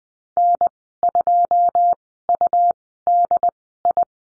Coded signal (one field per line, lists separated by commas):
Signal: Morse code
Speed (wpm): 20 wpm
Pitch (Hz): 700 Hz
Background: none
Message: N2UDI